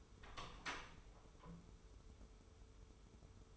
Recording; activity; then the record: daily activity, microphone in the room; open door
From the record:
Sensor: 1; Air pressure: 1015.2 hPa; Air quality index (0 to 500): 150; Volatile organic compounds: 8 ppm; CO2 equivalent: 2074 ppm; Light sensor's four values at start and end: 14/33/14/15 and 14/32/14/15